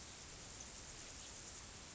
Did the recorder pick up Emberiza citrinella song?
no